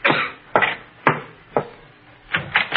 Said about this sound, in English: Never mind. You answer the door.